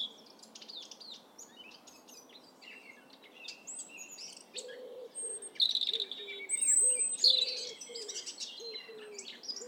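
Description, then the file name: European robin singing thin, high, scattered phrases of trills and whistles, with a low repeated cooing note beneath and steady background hiss. "Erithacus rubecula"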